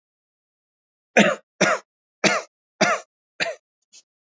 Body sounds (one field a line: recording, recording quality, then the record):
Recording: heavy voluntary cough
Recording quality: excellent, no background noise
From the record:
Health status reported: healthy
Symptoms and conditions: none ticked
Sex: male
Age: 55 years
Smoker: not ticked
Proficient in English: yes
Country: India